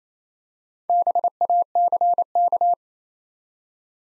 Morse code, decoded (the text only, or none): BACK